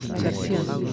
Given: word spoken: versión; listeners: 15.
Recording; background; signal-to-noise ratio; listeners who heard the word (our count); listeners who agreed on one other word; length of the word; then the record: one Spanish word in noise, from a listening test; eight-talker babble; -2.5 dB; 2 of 15; 6 of 15; 0.53 s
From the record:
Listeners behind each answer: 6, 3, 2, 1, 1, 1, 1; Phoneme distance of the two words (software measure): 24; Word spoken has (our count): 2 syllables, 7 phonemes, stress on syllable 2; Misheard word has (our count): 3 syllables, 9 phonemes, stress on syllable 3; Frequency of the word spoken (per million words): 69.88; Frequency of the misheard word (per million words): 9.09